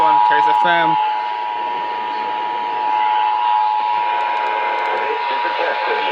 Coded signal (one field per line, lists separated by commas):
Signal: Emergency Alert System (SAME) tones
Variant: 853 and 960 Hz attention tone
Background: speech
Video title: Texas RMTs on KLBJ-AM, WOAI-AM and KASE-FM | EAS #150-152